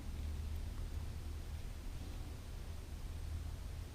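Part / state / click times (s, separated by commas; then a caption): air horn piece into toy truck cab/hood mounting hole / not seated / none. A driver's-side air horn piece for a handmade toy T600 end dump truck, likely wooden, is handled at its mounting hole on the cab/hood. Only a steady low hum and faint broadband noise are heard, with no sharp sounds. Nothing has seated or clicked yet.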